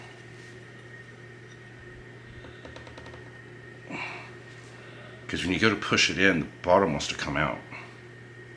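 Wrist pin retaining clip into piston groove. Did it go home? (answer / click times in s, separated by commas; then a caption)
no / none. A small metal wrist pin retaining clip is being worked into its piston groove during piston assembly; its bottom has to catch inside the loop and tends to pop back out when pushed. A steady low hum runs throughout, with a faint soft bump near 4.0 s, then someone talks from about 5.3 s to the end. Nothing has seated or clicked yet; the clip is still being handled.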